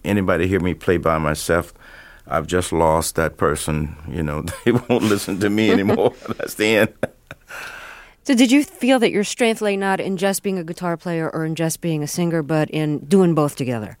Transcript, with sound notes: Anybody hear me play by myself, I've just lost that person, you know? They won't listen to me anymore. That's the end (laughter)
So did you feel that your strength lay not in just being a guitar player or in just being a singer, but in doing both together?